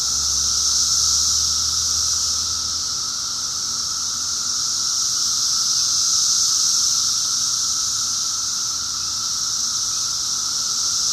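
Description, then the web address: Cicadas singing, a continuous high shrill buzz that swells and fades gently in volume, with a fainter steady tone lower down. Recorded in 2004. "paradise cicadas 2004"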